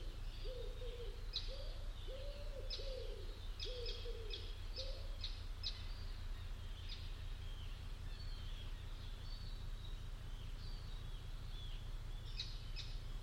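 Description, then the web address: Bird calls: a short series of low hooting notes in the opening seconds, followed by scattered sharp high chirps over a steady low hum. "cianscape birddata Deverinetal 2025 File origin Bird Only"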